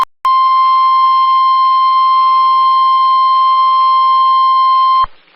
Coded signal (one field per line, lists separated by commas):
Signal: Emergency Alert System (SAME) tones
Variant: 1050 Hz attention tone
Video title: EAS #91-100 my 100th EAS Alert!, Severe thunderstorms in SE, SC, and EC Wisconsin